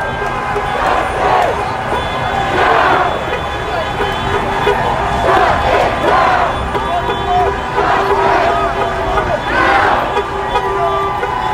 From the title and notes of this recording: The Sound Of A Protest. Today's episode features a segment of audio recorded at a peaceful protest in New York City.